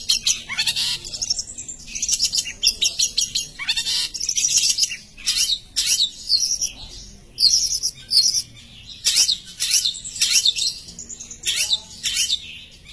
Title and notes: Kicau Burung Cendet Juara. Audio Kicauan Burung Cendet Juara Terlengkap